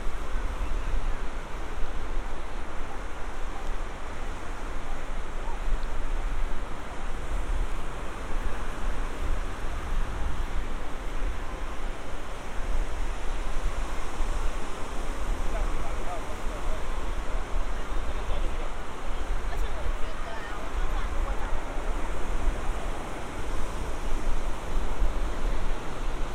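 A walk on the beach at Santa Monica Pier, with surf washing in a steady, dense rush that barely changes in loudness over the whole stretch. A heavy low rumble runs underneath, and a faint murmur of voices sits in the mix.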